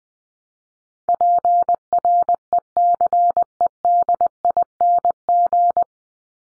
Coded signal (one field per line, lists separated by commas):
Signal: Morse code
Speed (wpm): 20 wpm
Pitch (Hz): 700 Hz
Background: none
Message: PRECEDING